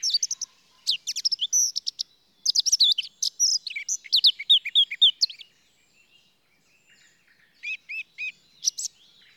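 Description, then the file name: Eurasian blackcap delivering bursts of quick, high chattering and slurred notes, pausing briefly, then a few clipped repeated notes toward the end. "Sylvia atricapilla"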